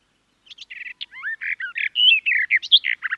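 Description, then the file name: Garden warbler song, a rapid run of varied warbled and chattering notes lasting nearly three seconds. "Canto do felosa das figueiras"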